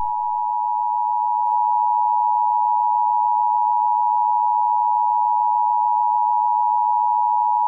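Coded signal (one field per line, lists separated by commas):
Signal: Emergency Alert System (SAME) tones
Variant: 853 and 960 Hz attention tone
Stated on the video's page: Fictional EAS scenario, not a real alert.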